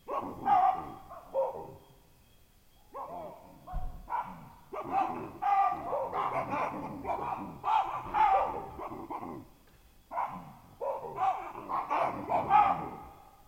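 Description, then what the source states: Baboon barking calls, harsh and repeated in bursts, with two short pauses. Baboon invasion in Marsabit, Kenya.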